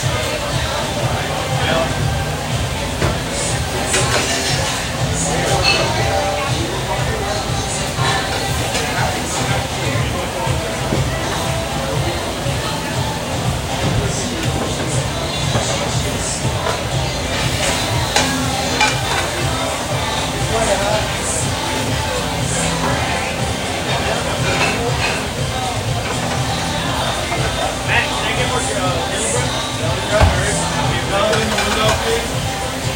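Restaurant kitchen at Sunday breakfast, a steady dense wash of voices and clatter, with frequent sharp clinks of dishes and utensils throughout.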